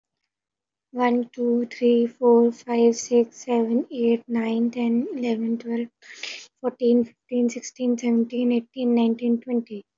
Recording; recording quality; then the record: counting at a normal pace; poor, much background noise or distortion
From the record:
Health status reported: healthy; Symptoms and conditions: none ticked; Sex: female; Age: 27 years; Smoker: not ticked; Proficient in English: yes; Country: India